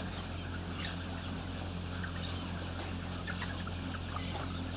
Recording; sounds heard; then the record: poultry house recording; healthy chickens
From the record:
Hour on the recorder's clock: 12